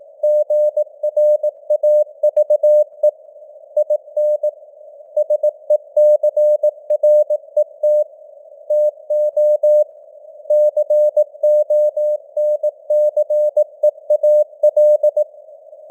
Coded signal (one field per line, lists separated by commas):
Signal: Morse code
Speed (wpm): 18 wpm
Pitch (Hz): 600 Hz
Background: none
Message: GRAVE IN SECRET TO CONCEAL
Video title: Morse Code News | 2025-10-15 | 18wpm